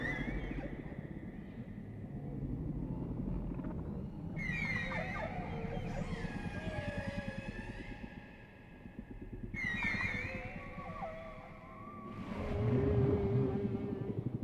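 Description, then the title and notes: Whale song: bright high squealing tones in two bursts, with wavering mid-pitched wails, over a fast low pulsing throb. Whale sounds presented without music, intended for sleep. "WHALE SOUNDS, WHITE NOISES. WHALE SOUNDS WITHOUT MUSIC"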